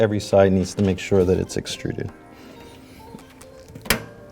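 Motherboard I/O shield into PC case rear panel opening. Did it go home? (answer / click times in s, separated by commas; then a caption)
yes / 3.9 s. Someone talks while pressing the corners of a stamped metal motherboard I/O shield, part of an ASUS STRIX Z270E Gaming build, into the rear panel opening of a PC case. After a few faint small knocks, a sharp metallic snap comes at 3.9 s as the shield locks into place, seated.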